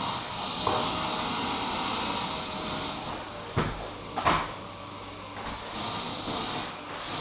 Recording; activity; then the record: daily activity, microphone in the room; vacuum cleaning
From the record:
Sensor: 1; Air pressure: 995.3 hPa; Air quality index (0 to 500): 25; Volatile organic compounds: 1 ppm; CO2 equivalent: 508 ppm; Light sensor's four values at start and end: 16/51/19/20 and 17/57/21/23